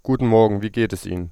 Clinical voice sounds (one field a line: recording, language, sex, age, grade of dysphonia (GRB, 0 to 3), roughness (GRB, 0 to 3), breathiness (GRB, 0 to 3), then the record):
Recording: spoken sentence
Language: German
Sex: male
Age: 20 to 29 years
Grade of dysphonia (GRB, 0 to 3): 0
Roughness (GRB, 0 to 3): 0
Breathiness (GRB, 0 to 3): 0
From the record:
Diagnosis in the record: healthy voice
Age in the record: 25 years